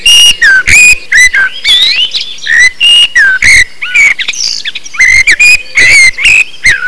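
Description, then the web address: Bird calls: a fast run of clear whistled notes, some falling and some rising, broken by short scratchy bursts. "动物鸟叫声"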